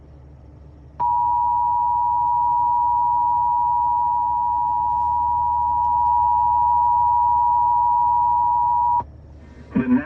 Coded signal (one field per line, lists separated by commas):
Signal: Emergency Alert System (SAME) tones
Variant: 853 and 960 Hz attention tone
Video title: Severe Thunderstorm Warning (EAS 2322) Double Header